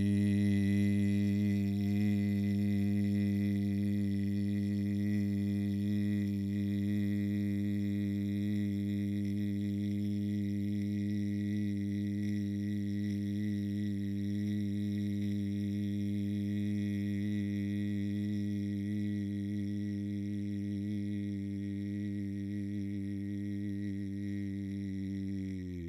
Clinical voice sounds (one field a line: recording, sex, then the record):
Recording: sustained vowel /i/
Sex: male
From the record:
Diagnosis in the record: Parkinson's disease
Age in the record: 65 years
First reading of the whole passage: 52 s, 9.9 characters per second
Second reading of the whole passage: 50 s, 10.3 characters per second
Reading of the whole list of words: 40 s, 7.0 characters per second